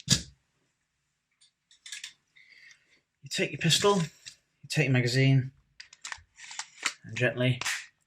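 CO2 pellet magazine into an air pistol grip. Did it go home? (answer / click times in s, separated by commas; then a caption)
no / none. Someone talks while holding a Sig Sauer M17 .177 pellet CO2 air pistol and a loaded CO2 pellet magazine, which is about to be gently pushed into the pistol's grip. Faint rattles and light taps are heard between the words. Nothing has seated or clicked into place yet.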